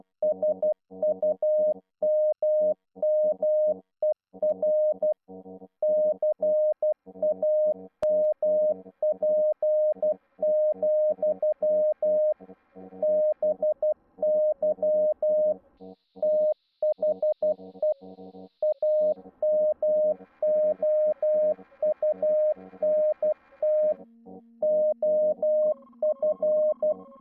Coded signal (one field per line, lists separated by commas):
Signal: Morse code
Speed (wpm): 12 wpm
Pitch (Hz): 610 Hz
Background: music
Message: SUMMER CAMP, BY THE AMOUNT OF